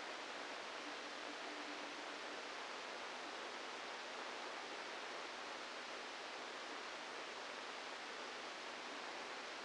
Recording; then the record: brain microelectrode recording played as sound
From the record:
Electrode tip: inside the subthalamic nucleus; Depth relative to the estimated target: -2 mm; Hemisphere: left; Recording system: NeuroSet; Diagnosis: Parkinson's disease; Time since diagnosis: 27 years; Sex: male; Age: 62 years